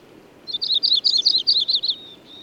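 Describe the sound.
Bird song, a fast, slightly jumbled series of high, buzzy chirps lasting roughly one and a half seconds.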